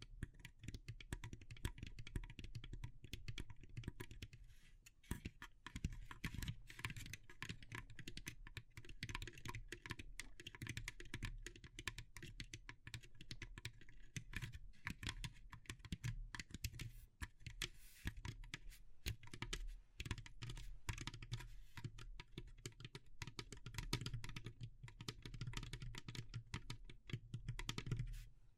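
Natural triggers on wood, bamboo and straw: quick, dense clicking and tapping runs almost without pause for the whole half minute, like fast typing. The taps are crisp and bright over a steady low hum, with a brief lull around seventeen seconds.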